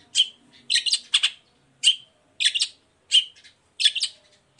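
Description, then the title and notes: Long-tailed shrike song: repeated harsh 'toet' notes, single or in quick pairs and triples, roughly every second. Morning song with varied 'toet toet' notes, used as a lure to provoke other long-tailed shrikes into answering and singing along. "Cendet Gacor Dor Di Kala Pagi Toet Toet Variasi Suara. Pancingan Emosi Cendet Gacor Full Variasi Toet Toet Bikin Nyaut Cendet Lain Langsung Ikutan Bunyi. Burung cendet"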